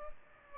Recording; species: mosquito wingbeat signal from an infrared sensor; Aedes aegypti